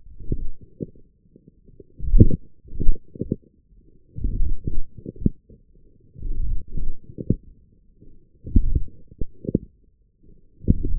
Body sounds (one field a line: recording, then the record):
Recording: forearm muscle sounds (acoustic myography)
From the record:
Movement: forearm pronation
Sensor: system 1, eight BSWA MPA416 microphones around the upper forearm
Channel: 5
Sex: male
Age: 20 years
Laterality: left